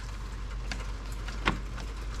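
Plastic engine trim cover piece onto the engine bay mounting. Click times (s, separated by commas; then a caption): 1.5 s. A small plastic engine trim cover piece is pressed onto its mounting in the engine bay of an Audi RS7 after replacing the spark plugs and the cylinder 5 coil for a cylinder 5 misfire (P0305 code). Over a steady low background hum, faint ticks sound at about 0.7 s and 1.3 s before a sharp, louder snap at 1.5 s. The trim piece snaps into place and is seated.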